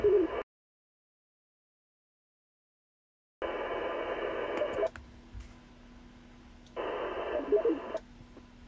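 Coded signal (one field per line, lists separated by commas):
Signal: HF data modem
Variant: VARA HF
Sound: three short bursts of wide rushing data hiss, separated by a silence and quieter static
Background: radio static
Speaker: try one more time we got a little bit of traffic on nearby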